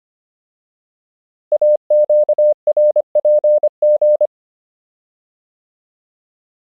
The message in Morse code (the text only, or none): AQRPG